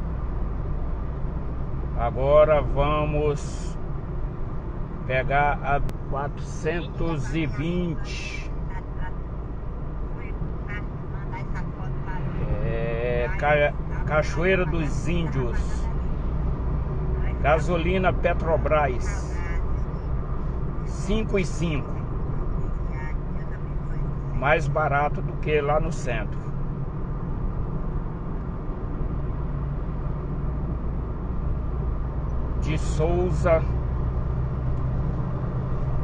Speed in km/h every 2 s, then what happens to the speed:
65, 62, 61, 60, 59, 59, 59, 57, 58, 59, 61, 63, 65, 65, 62, 61, 60, 60.
0-14 steady at about 59. 14-24 speeds up to 65. 24-36 steady at about 61.